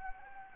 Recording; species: mosquito wingbeat signal from an infrared sensor; Anopheles gambiae